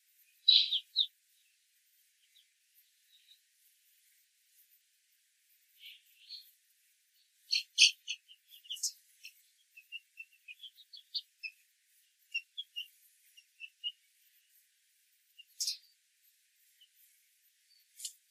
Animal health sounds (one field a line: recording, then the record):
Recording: young laying hens in a cage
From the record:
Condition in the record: control cage, after the stress test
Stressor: none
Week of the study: 4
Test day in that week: 1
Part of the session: 1